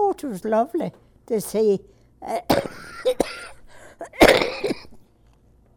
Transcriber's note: coughs